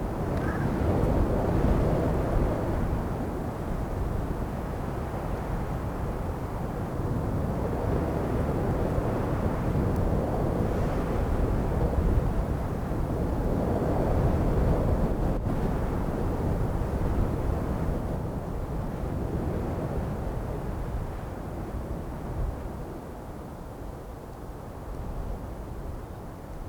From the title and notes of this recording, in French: Dans un même lieu, si peu d'arbres pour les stopper, les vents y passent qu'ils soient doux, légers, tonitruant... Pays des 1000 vents - la Mongolie.